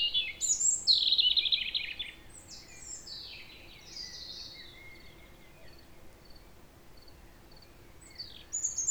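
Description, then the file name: European robin delivering a loud burst of tumbling, high trills and whistles at the start, then softer scattered notes and a final brief phrase. "Erithacus rubecula"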